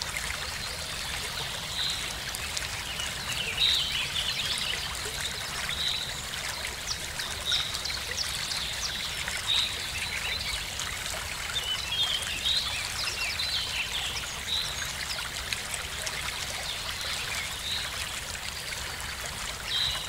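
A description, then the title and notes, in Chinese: A natural ambience with a steady, dense trickling hiss, like running water, that stays even throughout. Short, high chirps stand out above it every two seconds or so, with a faint low rumble underneath. 大自然環境2(冥想放鬆失眠白噪音)。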